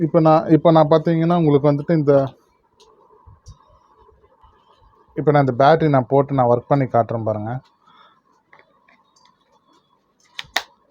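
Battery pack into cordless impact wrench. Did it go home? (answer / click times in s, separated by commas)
yes / 10.4 s, 10.6 s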